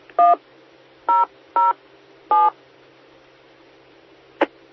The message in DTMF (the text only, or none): 1007